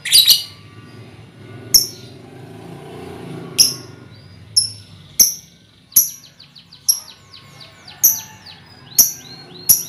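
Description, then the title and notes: Lovebird chirping: repeated sharp high chips mixed with brief runs of quick squeaky twitters. Lovebird ngekek song, used as a lure song (kicau pancingan). "Master Kicau Lovebird ngekek, kicau pancingan"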